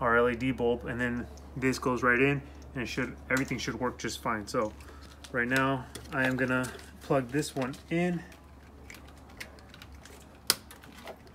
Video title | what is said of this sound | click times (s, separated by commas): G35 to G37 front end conversion ( wiring headlights ) | so you guys heard it click so that's connected right there and | 10.5 s